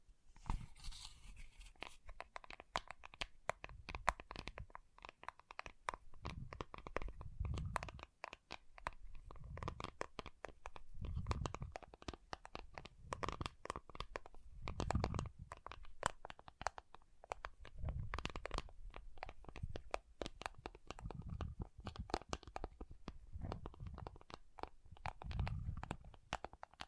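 Water beads shift and squish in a dense, continuous crackle of small clicks and wet pops. Every three to four seconds a deeper, soft thump swells underneath as the beads are pressed or stirred, giving the texture a slow, regular pulse.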